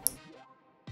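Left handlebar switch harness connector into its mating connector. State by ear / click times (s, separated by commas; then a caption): seated / 0.1 s. The plastic connector on a left handlebar switch harness is pushed into its mating connector and gives a sharp click at 0.1 s, showing it has seated. Near the end, around 0.9 s, a lower, duller thump follows.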